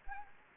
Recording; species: mosquito wingbeat signal from an infrared sensor; Anopheles gambiae